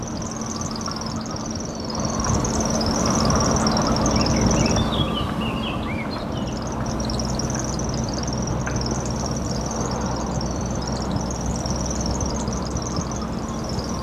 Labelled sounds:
Common Grasshopper Warbler

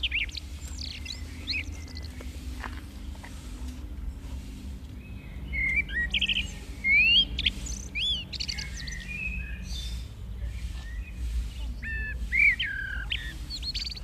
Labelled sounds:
Common Blackbird song

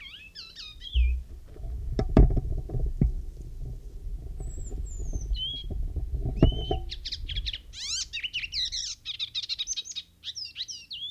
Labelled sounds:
Icterine Warbler song

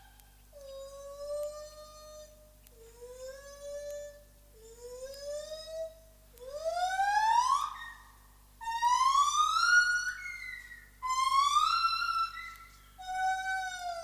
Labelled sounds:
Lar Gibbon call

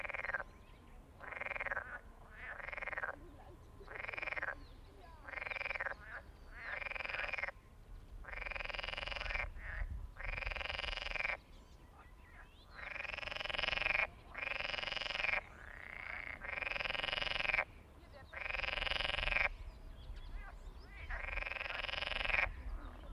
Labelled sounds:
Edible Frog call

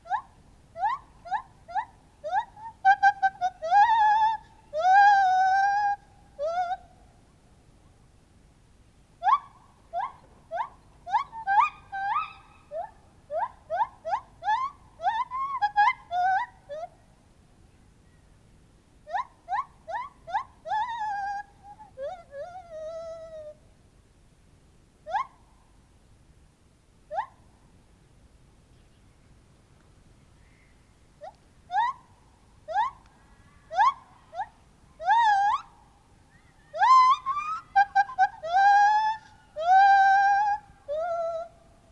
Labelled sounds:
Lar Gibbon

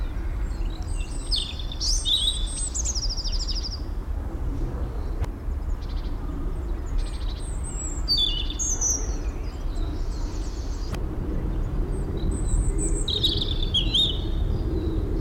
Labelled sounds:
European Robin

